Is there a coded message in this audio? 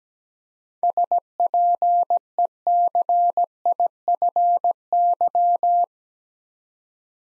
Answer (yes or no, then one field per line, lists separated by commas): yes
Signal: Morse code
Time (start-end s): 0.8-5.8 s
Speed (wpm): 17 wpm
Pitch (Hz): 700 Hz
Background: none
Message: SPECIFY